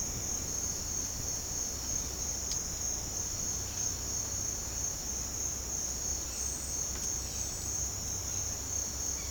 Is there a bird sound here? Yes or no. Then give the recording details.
no. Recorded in pastures near Puerto Asís, Putumayo, Colombia, on 29 June 2025 at 08:00. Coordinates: 0.496, -76.326. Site GP01